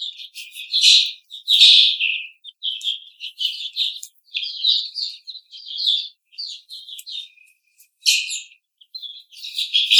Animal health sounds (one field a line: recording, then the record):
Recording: young laying hens in a cage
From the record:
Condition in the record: treatment cage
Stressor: simulated dog barking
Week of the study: 5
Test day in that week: 1